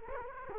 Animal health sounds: mosquito wingbeat signal from an infrared sensor; Culex quinquefasciatus

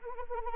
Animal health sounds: mosquito wingbeat signal from an infrared sensor; Anopheles arabiensis

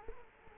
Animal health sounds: mosquito wingbeat signal from an infrared sensor; Culex quinquefasciatus

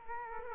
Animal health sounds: mosquito wingbeat signal from an infrared sensor; Culex quinquefasciatus

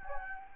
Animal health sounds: mosquito wingbeat signal from an infrared sensor; Anopheles gambiae

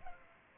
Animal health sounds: mosquito wingbeat signal from an infrared sensor; Culex pipiens

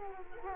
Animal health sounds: mosquito wingbeat signal from an infrared sensor; Culex quinquefasciatus

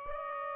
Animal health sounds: mosquito wingbeat signal from an infrared sensor; Aedes aegypti

